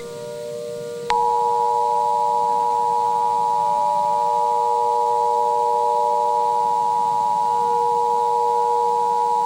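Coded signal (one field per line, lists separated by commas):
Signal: Emergency Alert System (SAME) tones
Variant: 853 and 960 Hz attention tone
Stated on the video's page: Fictional EAS scenario.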